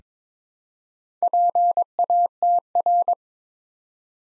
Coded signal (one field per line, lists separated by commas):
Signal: Morse code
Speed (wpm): 22 wpm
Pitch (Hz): 700 Hz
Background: none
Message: PATR